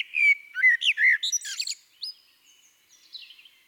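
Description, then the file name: Eurasian blackbird song: a few mellow fluted whistles, then a burst of high squeaky twittering, followed by a softer, fainter warble trailing off. "Turdus merula"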